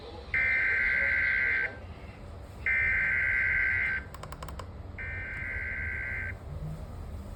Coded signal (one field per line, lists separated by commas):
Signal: Emergency Alert System (SAME) tones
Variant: header bursts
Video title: EAS #411-412 - CHS SVR #noaaweatherradio